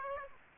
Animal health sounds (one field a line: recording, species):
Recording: mosquito wingbeat signal from an infrared sensor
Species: Aedes aegypti